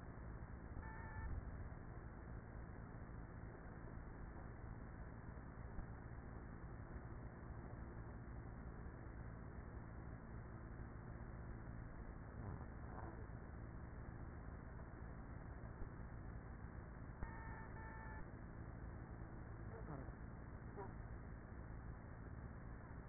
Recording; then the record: honeybee colony, microphone inside the hive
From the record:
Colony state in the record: queenless with a low population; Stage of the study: after two queens were removed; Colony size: about 30,000 bees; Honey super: no